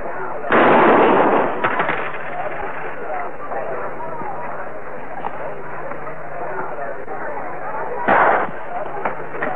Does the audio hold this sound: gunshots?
yes